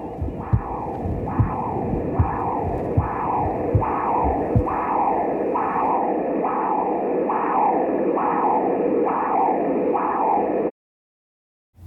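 Transcranial Doppler ultrasound signal from the terminal internal carotid artery of an adult: a rhythmic, pulsatile whooshing that rises and falls with each heartbeat, about 75 beats per minute.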